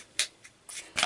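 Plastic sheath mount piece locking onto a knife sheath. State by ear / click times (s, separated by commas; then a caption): seated / 0.2 s. The plastic dangler/belt-loop piece of a Garberg Carbon knife sheath's multi-mount is slid up and locks into place with a sharp click at 0.2 s. Softer rustling and scraping follow, with another bright burst of handling noise near 1.0 s.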